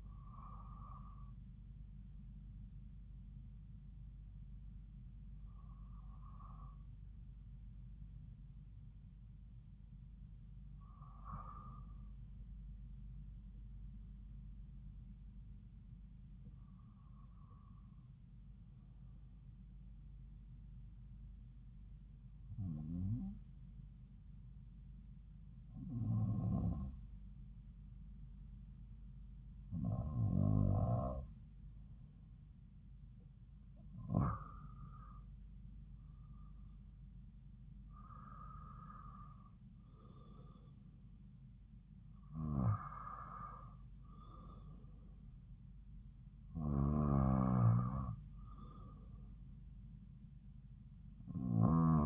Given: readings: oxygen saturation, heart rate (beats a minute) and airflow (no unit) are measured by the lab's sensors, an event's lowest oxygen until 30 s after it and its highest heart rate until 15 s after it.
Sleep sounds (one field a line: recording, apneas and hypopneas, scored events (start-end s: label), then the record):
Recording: breathing in sleep by a smartphone at the bedside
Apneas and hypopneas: 1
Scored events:
21.00-34.70 s: hypopnea (REM, oxygen 95% highest, then 92% lowest)
From the record:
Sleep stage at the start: REM sleep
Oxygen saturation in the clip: 92 to 95%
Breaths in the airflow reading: 11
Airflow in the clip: -6.0 to 5.3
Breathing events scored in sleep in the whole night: 270 in 6.1 hours asleep